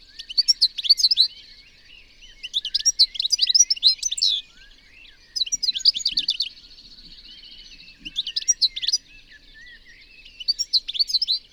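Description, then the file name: European goldfinch twittering in repeated short bursts of sharp, tinkling notes, separated by quieter notes. "Carduelis carduelis"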